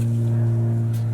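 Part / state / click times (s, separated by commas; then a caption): spin-on oil filter onto engine filter mount / not seated / none. A new spin-on oil filter is held up to its threaded engine filter mount on a Hyundai Kona while a steady low hum with strong tones around 120 Hz and 230 Hz runs throughout, with a brief hiss near 1.0 seconds. Nothing has seated or clicked yet; the filter is still being handled before its threads drop in and it is tightened.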